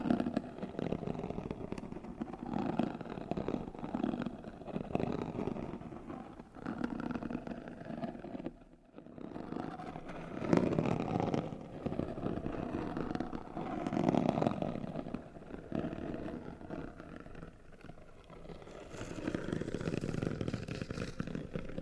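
Scratching and rubbing on a cardboard box, with a steady, dense rasping that swells and eases in long strokes. The sound is mostly low and coarse, with a brief near-silent pause around nine seconds before the rubbing resumes and continues to the end.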